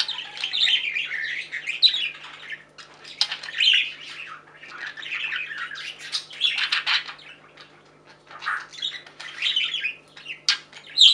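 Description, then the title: Budgerigar warbling, dense and steady, made of scratchy, buzzy and chirping notes that pause only briefly. "Budgie Sounds"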